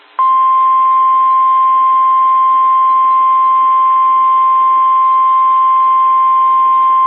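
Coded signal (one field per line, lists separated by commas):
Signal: Emergency Alert System (SAME) tones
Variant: 1050 Hz attention tone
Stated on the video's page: Required Weekly Test.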